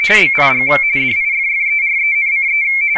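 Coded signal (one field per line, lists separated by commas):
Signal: RTTY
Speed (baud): 45.45 baud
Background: speech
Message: BIG DIFFERENCE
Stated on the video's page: Radioteletype printed by MMTTY and analyzed by HamScope.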